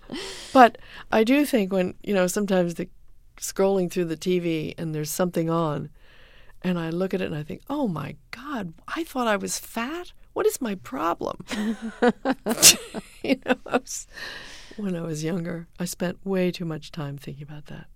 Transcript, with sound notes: But I do think when, you know, sometimes when scrolling through the TV and there's something on and I look at it and I think oh, my god. I thought I was fat? What is my problem?
(LAUGHTER)
You know, when I was younger I spent way too much time thinking about that.